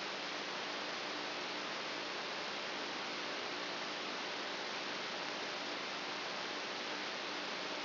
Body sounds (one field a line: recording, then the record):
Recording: brain microelectrode recording played as sound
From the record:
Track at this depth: outside the subthalamic nucleus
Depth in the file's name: 8.5 mm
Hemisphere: right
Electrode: 2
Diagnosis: Parkinson's disease